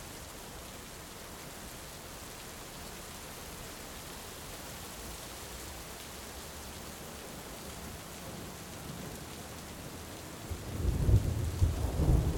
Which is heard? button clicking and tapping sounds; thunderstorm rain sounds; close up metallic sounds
thunderstorm rain sounds